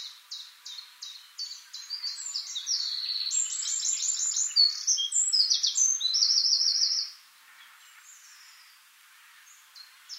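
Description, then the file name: Eurasian wren song, rapid high notes building into loud trills for about seven seconds, then quiet with faint high notes near the end. "Troglodytes troglodytes"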